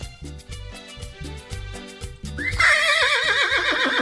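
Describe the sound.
A person imitates a horse whinny: a sharp rising cry that breaks into a loud, shaky, quavering neigh, following a steady rhythmic musical beat.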